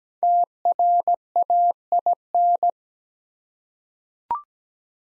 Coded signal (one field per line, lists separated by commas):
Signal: Morse code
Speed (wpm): 17 wpm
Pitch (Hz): 700 Hz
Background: none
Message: TRAIN